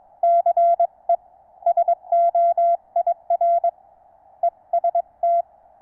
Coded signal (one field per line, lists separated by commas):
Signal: Morse code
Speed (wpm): 22 wpm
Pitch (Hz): 690 Hz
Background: none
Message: CE SOIR EST